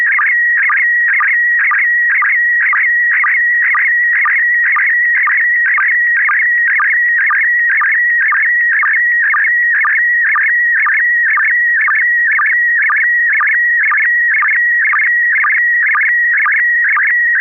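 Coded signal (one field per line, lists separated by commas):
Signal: SSTV (slow-scan television)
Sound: steady high whistle broken by rhythmic chirping warbles about twice a second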